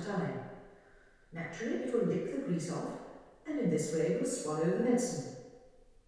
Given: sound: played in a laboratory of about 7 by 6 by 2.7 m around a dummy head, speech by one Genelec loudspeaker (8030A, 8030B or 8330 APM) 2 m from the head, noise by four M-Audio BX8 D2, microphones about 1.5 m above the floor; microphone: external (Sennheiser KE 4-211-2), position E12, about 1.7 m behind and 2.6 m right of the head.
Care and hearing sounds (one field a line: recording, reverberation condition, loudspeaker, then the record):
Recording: female speech in English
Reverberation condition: high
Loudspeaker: 30 degrees to the left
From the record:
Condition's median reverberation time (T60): about 1300 ms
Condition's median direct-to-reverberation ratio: about -4.0 dB